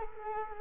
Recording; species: mosquito wingbeat signal from an infrared sensor; Culex quinquefasciatus